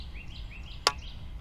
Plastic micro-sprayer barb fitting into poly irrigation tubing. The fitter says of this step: we even hear it snap